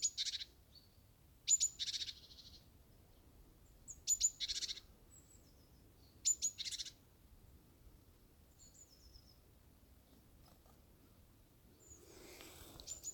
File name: Meise im Winter-Wald chikadee in forest winter